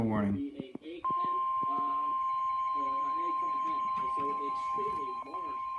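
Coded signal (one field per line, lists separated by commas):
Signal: Emergency Alert System (SAME) tones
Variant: 1050 Hz attention tone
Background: speech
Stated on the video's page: Weather radio tornado warning received from station WXJ71.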